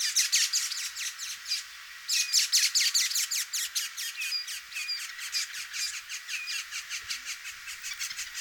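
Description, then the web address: Northern mockingbird song of quick, harsh repeated notes, a brief pause, then a long run of chattering syllables that gradually softens. "sound Northern-mockingbird. صدای-پرنده-مرغ-تقلیدگر-شمالی"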